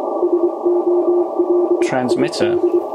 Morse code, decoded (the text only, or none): SOLID